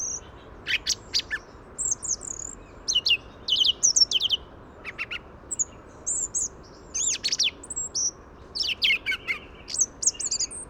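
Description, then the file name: Song thrush song: bright, varied high phrases of whistles and sharp chirps, several notes repeated two or three times, separated by short pauses, over a steady low hiss. "tordo comum"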